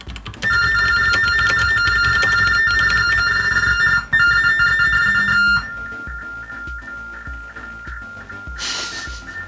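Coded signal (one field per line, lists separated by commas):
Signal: RTTY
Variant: Baudot TDD, 45.45 baud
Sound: rapid warbling between two close beeping tones for five seconds, then one steady tone and a brief hiss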